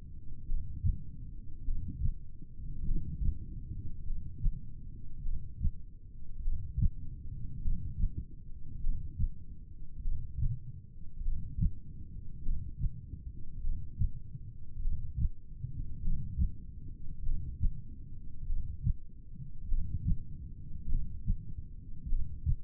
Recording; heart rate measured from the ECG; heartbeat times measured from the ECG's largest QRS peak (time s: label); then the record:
heart sounds by stethoscope; 50 bpm
0.48 s: heartbeat
1.67 s: heartbeat
2.87 s: heartbeat
4.06 s: heartbeat
5.25 s: heartbeat
6.44 s: heartbeat
7.64 s: heartbeat
8.83 s: heartbeat
10.04 s: heartbeat
11.25 s: heartbeat
12.45 s: heartbeat
13.63 s: heartbeat
14.84 s: heartbeat
16.04 s: heartbeat
17.25 s: heartbeat
18.49 s: heartbeat
19.70 s: heartbeat
20.90 s: heartbeat
22.11 s: heartbeat
From the record:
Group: heart failure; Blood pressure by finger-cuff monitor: 117/66 mmHg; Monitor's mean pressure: 83 mmHg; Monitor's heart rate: 50 bpm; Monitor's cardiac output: 4.4 L/min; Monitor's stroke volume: 88 mL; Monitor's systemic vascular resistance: 1370 dyn s/cm5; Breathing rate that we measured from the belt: 14 breaths a minute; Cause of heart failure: cardiac sarcoid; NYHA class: 1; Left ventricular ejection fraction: 39%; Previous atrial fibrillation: present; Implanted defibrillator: present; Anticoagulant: apixaban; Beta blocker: carvedilol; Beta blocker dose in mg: 50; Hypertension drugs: ramipril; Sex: male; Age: 79 years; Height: 184 cm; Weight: 92.5 kg